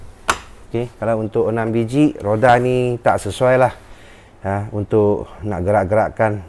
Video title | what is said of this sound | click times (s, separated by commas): Ecoflow Delta Pro Ultra I Unbox & Pre Check | Kalau kita dah lock dia tak jalanlah. Ini roda boleh diock macam ni. | 0.3 s